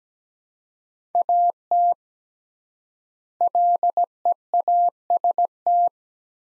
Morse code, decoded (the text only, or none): AT LEAST